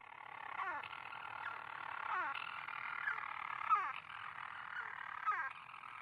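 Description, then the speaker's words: European Storm Petrel, a steady churring purr broken by a sharp falling hiccup note about every one and a half seconds. A single bird calling early in the evening after darkness falls, at the monastery on Skellig Rock. "Early in the evening, a single storm petrel makes its call."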